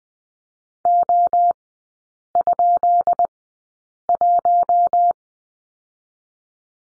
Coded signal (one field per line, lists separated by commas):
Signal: Morse code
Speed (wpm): 20 wpm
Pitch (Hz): 700 Hz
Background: none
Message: O?1